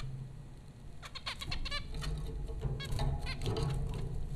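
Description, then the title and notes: Zebra finch nasal honking calls in a quick cluster of harmonic beeps and chatter, over a low droning hum. Zebra finches at Popcorn School, Flatbush, Brooklyn, New York, April 15, 2009. "Dronecast: The Popcorn Finches Four from Apr 15, 2009. Zebra finches recorded by Dan Bodah at Popcorn School, Flatbush, Brooklyn NY in April 2009"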